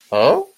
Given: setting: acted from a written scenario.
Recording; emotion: vocal sound without words; realization